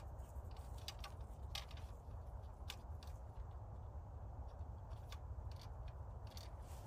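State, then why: Not seated. A bolt (arrow) is loaded into a Ravin R500 crossbow, where it should click once seated against the string and retention. Only brief, sharp scraping ticks are heard over a steady low rumble, and the bolt has not clicked into place, possibly because something is missing.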